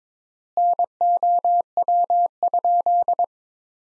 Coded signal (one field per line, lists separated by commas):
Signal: Morse code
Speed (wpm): 21 wpm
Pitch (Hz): 700 Hz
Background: none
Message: NOW?